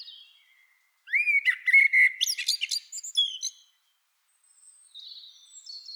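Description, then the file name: Common blackbird song: a low, mellow fluted phrase sliding into a high, scratchy twittering flourish, then quiet with faint high notes near the end. "Turdus merula"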